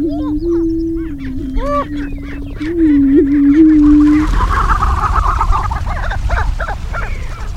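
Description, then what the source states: Greater prairie chicken calls: a steady low hooting drone with sharp arched clucks over it, then a busy chorus of mid-pitched cackling notes. Bird calling when flushed.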